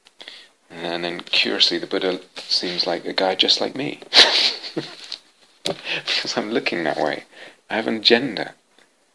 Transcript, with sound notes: And then, curiously, the Buddha seems like a guy just like me [laughs], because I'm looking that way; I have an agenda.